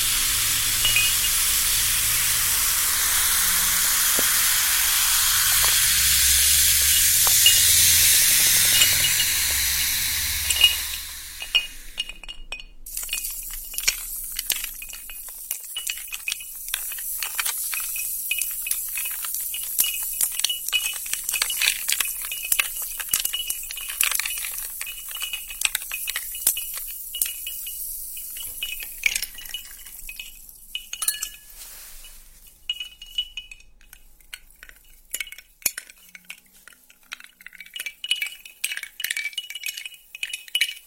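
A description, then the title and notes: Sparkling soda water opens with a loud, bright rush of hissing over a low rumble for about the first eleven seconds. It then drops to a steady fizz of tiny crackling bubble pops that gradually thins toward the end. The freshness of sparkling soda water.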